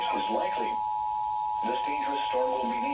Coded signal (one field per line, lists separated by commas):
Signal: Emergency Alert System (SAME) tones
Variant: 853 and 960 Hz attention tone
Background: speech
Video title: (BUNCHA TOR's BUNCHA FFW) NOAA Radio (EAS # 228-250) SVR's TOR's FFW's